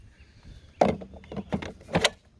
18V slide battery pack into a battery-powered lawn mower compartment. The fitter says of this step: slide in, hear them click.